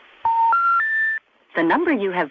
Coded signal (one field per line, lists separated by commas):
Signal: telephone call progress tone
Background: speech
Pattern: special information tone